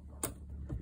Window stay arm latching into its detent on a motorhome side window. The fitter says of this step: you hear a click and it stops if you want to open a bit more